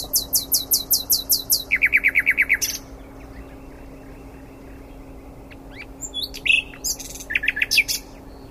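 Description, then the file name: Common nightingale song opening with a fast run of sharp repeated notes, a rapid trill, a pause, then varied clicks and buzzy repeated phrases. "Luscinia megarhynchos"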